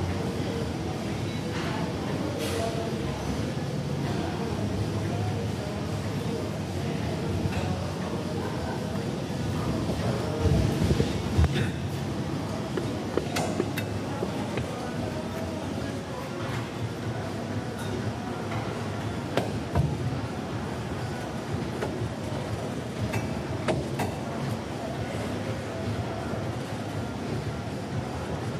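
A gym hums along steadily, with a dense, continuous rumble and whooshing like a treadmill running throughout. Sharp clinks and knocks of weights break through every few seconds, clustering around eleven to thirteen seconds and near twenty seconds, with faint voices underneath.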